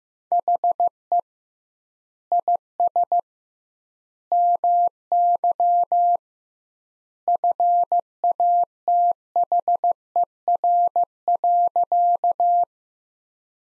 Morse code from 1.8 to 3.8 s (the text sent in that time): IS